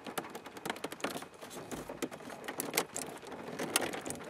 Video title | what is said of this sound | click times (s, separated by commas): Sony Head Unit Swap | there's one click and then the other click | 2.8 s, 3.8 s